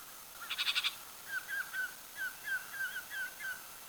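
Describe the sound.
Bird calls: a quick burst of harsh rattling notes, then a series of short whistled chirps against a hissy background.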